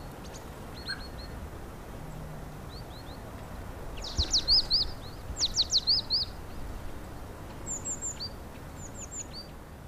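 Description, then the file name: Great tit giving bright upslurred notes in quick runs, strongest midway, with thin high calls following and a steady background hiss. "Parus major"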